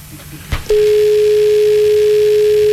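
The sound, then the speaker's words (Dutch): A telephone receiver is banged down with a couple of sharp clunks, then a steady, unbroken dial tone drones loudly at a single mid pitch until the end. “Ja, als je er een beetje harder erop gooit, dan is inderdaad zometeen niks veel, niet veel van over van die telefoon.”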